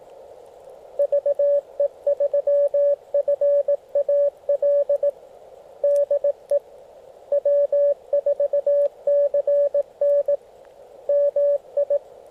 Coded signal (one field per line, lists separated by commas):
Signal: Morse code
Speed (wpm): 18 wpm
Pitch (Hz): 570 Hz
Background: radio noise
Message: VE3FAL DE W4CN MI